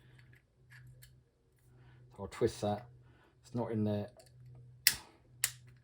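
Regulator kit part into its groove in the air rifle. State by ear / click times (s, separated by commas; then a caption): seated / 4.9 s, 5.4 s. A part of a Huma-Air regulator kit is twisted into its groove inside a Huben GK1 air rifle during installation, and it has to sit straight to seat. Someone talks over faint handling noise, then two sharp clicks ring out at 4.9 s and 5.4 s as the part seats in position.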